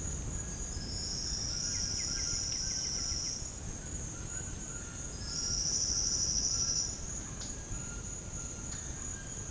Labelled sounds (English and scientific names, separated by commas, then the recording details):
White-throated Toucan (Ramphastos tucanus), White-winged Becard (Pachyramphus polychopterus)
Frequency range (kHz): White-throated Toucan (Ramphastos tucanus) 0.6-2.2 kHz; White-winged Becard (Pachyramphus polychopterus) 1.4-3.9 kHz
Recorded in dense forest near Puerto Asís, Putumayo, Colombia, on 25 June 2025 at 09:30
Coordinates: 0.481, -76.323
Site G072